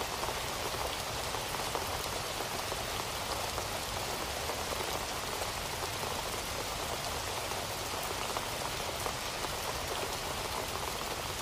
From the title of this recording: Rainforest Rain Sounds